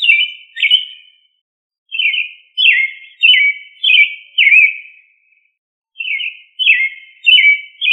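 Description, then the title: Thrush singing a run of ringing, downslurred notes, with two brief breaks between phrases. "Familia Turdidae - Sabia"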